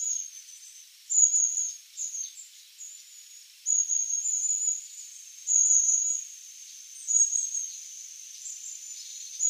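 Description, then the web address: Long-tailed tit giving repeated high, thin calls in short bursts every second or two. "Schulze Peter Long-tailed Tit"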